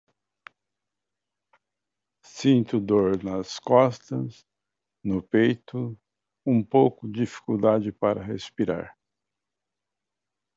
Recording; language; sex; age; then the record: short text; Brazilian Portuguese; male; 60 to 69 years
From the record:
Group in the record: control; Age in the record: 69 years